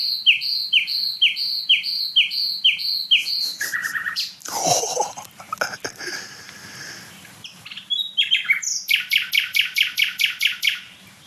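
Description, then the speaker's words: Common Nightingale song: evenly spaced repeated whistled notes, a few lower notes and a brief noise, varied phrases, then a long rapid series of sharp repeated notes. Gurgling phrase within the song at night; bird very loud though smaller than a blackbird; sung between dense deadwood-filled core zones, no other birds singing. "Boah, was ist das für ein Glucksen?"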